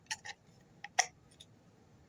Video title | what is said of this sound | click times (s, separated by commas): Morakniv review! Budget friendly and RELIABLE! | Pops right in. | 0.8 s